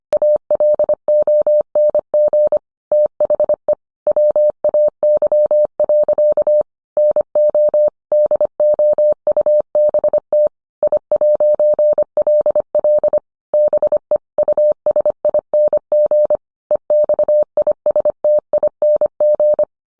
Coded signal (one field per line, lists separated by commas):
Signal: Morse code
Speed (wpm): 25 wpm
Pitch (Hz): 600 Hz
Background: none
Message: ALONG THE WAY. NO DOUBT I'LL BE USING EXISTING